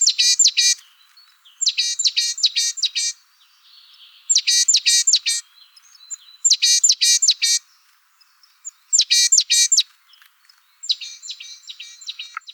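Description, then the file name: Great tit chattering: repeated bursts of several rasping notes with short pauses, ending with a fainter, softer series. "Parus major"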